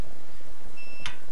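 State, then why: Released. The electronic lock bolt of a home safe door releases after the default code 1234 is entered on the keypad and enter is pressed. Faint tones are heard, then a tiny click with a beep at 1.1 s, and the lock opens and works.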